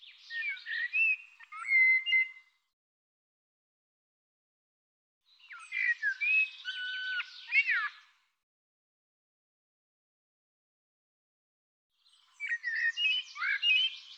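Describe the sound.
Bird song in three separate phrases of slurred whistles, chirps and quick trills, with long silent gaps between them.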